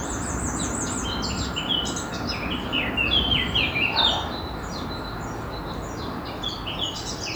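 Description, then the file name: Eurasian blackcap song, a fast, varied warble of high chirps and whistled trills over low background noise. "Sylvia atricapilla"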